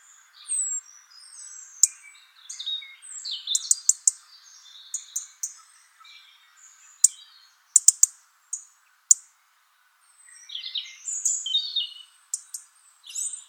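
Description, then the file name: European robin song of soft, scattered high warbles and whistles, broken by several sharp clicks or taps, ending in a fuller twittering phrase. "Erithacus rubecula"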